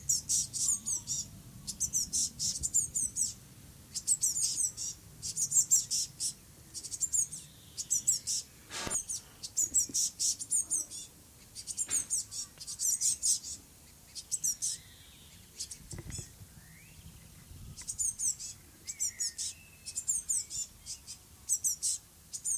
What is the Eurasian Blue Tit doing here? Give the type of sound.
call